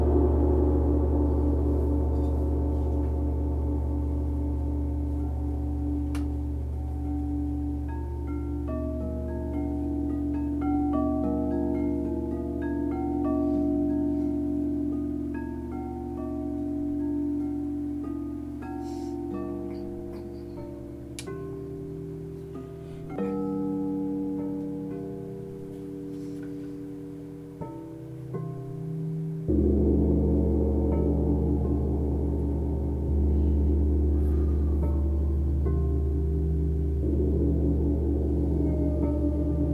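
Crystal bowls ring in long, layered tones with a deep steady drone, brief bright strikes scattered throughout, and a fuller swell around thirty seconds.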